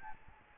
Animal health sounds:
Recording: mosquito wingbeat signal from an infrared sensor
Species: Aedes albopictus

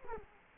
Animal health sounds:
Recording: mosquito wingbeat signal from an infrared sensor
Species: Culex quinquefasciatus

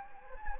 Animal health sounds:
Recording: mosquito wingbeat signal from an infrared sensor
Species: Anopheles gambiae

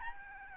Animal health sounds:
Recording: mosquito wingbeat signal from an infrared sensor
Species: Aedes albopictus

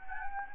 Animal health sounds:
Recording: mosquito wingbeat signal from an infrared sensor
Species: Anopheles gambiae

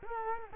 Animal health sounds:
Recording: mosquito wingbeat signal from an infrared sensor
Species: Culex quinquefasciatus

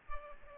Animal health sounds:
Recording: mosquito wingbeat signal from an infrared sensor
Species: Culex pipiens

